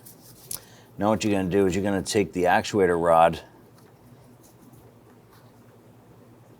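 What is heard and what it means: An actuator rod on a 1994-2004 Ford Mustang 3.8L V6 is handled near the new plastic intake manifold runner control bushing while someone talks, with a faint sharp tick at 0.5 s before the speech. The clip ends before the rod is pushed in, so nothing has seated or clicked yet.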